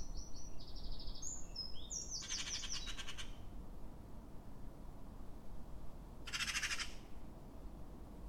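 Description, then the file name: Eurasian wren: a short run of high, fast trilled phrases, then two harsh, buzzy rattling bursts about four seconds apart, over a steady low rumble. "Troglodytes troglodytes"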